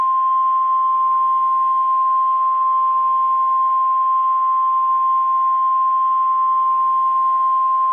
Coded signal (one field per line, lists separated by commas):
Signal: Emergency Alert System (SAME) tones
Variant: 1050 Hz attention tone